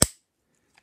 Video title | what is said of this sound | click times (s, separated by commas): Review: Lezyne Micro Floor Drive HPG Bike Pump | it'll actually clicked on you can hear it | 0.0 s